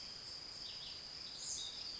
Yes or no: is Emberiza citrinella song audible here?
no